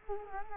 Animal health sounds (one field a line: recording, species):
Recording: mosquito wingbeat signal from an infrared sensor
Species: Culex quinquefasciatus